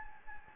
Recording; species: mosquito wingbeat signal from an infrared sensor; Anopheles gambiae